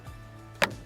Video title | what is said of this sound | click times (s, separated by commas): How To Assemble Your Kiwitech Winder, Reel, or Carrypack | and then locks in place when you throw the catch | 0.6 s